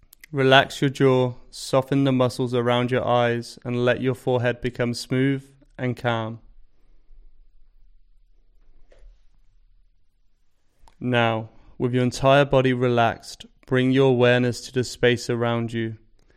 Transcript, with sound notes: Relax your jaw, soften the muscles around your eyes, and let your forehead become smooth and calm. [Pause 5 seconds] Now, with your entire body relaxed, bring your awareness to the space around you.